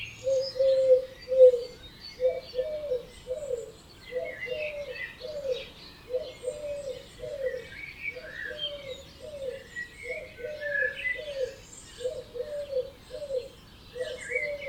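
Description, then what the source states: Birds: low hollow paired notes repeated steadily in a long rhythmic series, with scattered high chirps and twitters from other birds. Dawn chorus recorded at 4am in Oberhofen, Inntal, Austria; binaural recording.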